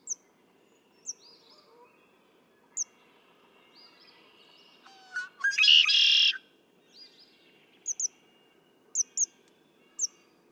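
Red-winged blackbird song: quiet notes building to a harsh, buzzy trill near the middle, with scattered high thin chips before and after.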